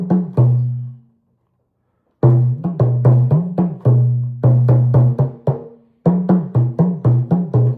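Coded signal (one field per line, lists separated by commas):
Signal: talking drum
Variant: Yoruba dùndún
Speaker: So, I added additional words into it. I added that "Ewo baluwe." Look at baluwe. Look at shower that is claiming to be a river. I took that is claiming to be like a river. "Oju alani o she we shall see."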